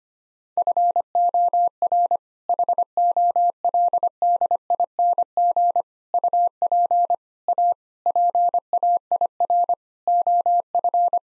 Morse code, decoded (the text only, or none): FOR HOLDING UP A PAIR OF